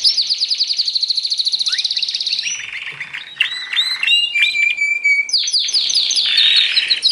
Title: mster Mnuk. Suara Kenari Gacor - Masteran Kenari Gacor Full Isian